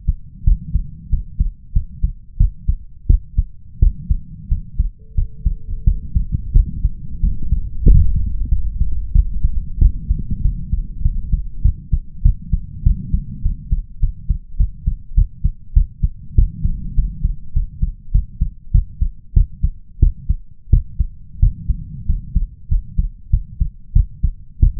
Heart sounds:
heart sounds by stethoscope; 94 bpm
0.44 s: heartbeat
1.09 s: heartbeat
1.72 s: heartbeat
2.37 s: heartbeat
3.06 s: heartbeat
3.79 s: heartbeat
4.48 s: heartbeat
5.14 s: heartbeat
5.84 s: heartbeat
6.52 s: heartbeat
7.20 s: heartbeat
7.84 s: heartbeat
8.49 s: heartbeat
9.12 s: heartbeat
9.78 s: heartbeat
10.41 s: heartbeat
11.02 s: heartbeat
11.62 s: heartbeat
12.22 s: heartbeat
12.83 s: heartbeat
13.42 s: heartbeat
14.00 s: heartbeat
14.57 s: heartbeat
15.14 s: heartbeat
15.73 s: heartbeat
16.35 s: heartbeat
16.95 s: heartbeat
17.53 s: heartbeat
18.11 s: heartbeat
18.71 s: heartbeat
19.33 s: heartbeat
19.99 s: heartbeat
20.70 s: heartbeat
21.39 s: heartbeat
22.06 s: heartbeat
22.68 s: heartbeat
23.30 s: heartbeat
23.93 s: heartbeat
24.60 s: heartbeat
From the record:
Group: healthy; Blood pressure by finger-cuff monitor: 125/82 mmHg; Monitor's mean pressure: 96 mmHg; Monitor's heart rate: 94 bpm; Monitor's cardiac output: 6.9 L/min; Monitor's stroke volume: 76 mL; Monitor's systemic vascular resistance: 1020 dyn s/cm5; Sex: male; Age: 21 years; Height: 180 cm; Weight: 67.5 kg

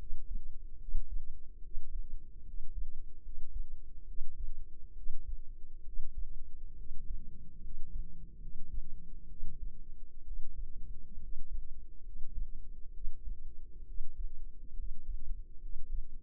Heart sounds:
heart sounds by microphone in the left ear; 69 bpm
0.77 s: heartbeat
1.60 s: heartbeat
2.43 s: heartbeat
3.21 s: heartbeat
4.04 s: heartbeat
4.93 s: heartbeat
5.82 s: heartbeat
6.74 s: heartbeat
7.59 s: heartbeat
8.38 s: heartbeat
9.26 s: heartbeat
10.23 s: heartbeat
11.18 s: heartbeat
12.02 s: heartbeat
12.91 s: heartbeat
13.84 s: heartbeat
14.74 s: heartbeat
15.59 s: heartbeat
From the record:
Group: healthy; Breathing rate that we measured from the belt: 15 breaths a minute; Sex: male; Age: 20 years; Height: 167 cm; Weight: 61 kg

